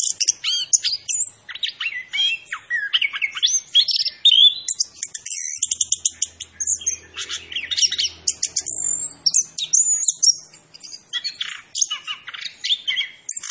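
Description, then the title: Orange-headed thrush singing a long, varied sequence of sharp chirps, whistled slurs and rapid trills, with only brief pauses between bursts. Indonesian name anis kembang; described as gacor, meaning actively singing; bird referred to as Macan B2. "Anis Kembang Gacor. Suara Anis Kembang Macan B2"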